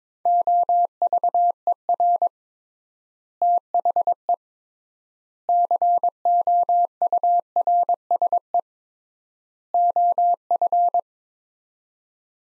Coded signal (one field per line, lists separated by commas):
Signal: Morse code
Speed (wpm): 22 wpm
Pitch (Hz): 700 Hz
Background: none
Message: OVER THE COURSE OF